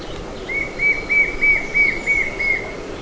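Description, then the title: White-shouldered fire-eye gives a steady run of several clear whistled notes, each slightly downslurred, repeated roughly three times per second. "LuckyPassaro Completos2Sama. White-shouldered Fire-eye (Pyriglena leucoptera)"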